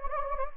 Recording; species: mosquito wingbeat signal from an infrared sensor; Anopheles gambiae